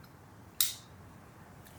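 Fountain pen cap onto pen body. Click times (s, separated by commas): 0.6 s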